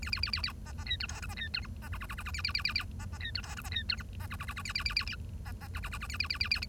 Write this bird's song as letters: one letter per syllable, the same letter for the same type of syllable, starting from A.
A A A A A B B C D E F B C D G B H H H H H A A A A A B B C D E F B C D G B H H H H A A A A A B B H H H H A A A A A I